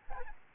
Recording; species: mosquito wingbeat signal from an infrared sensor; Aedes albopictus